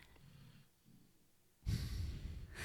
The dog snoring in the background. He's really loud. It'll just be him snoring in the background. It's just got a deep bass in the background.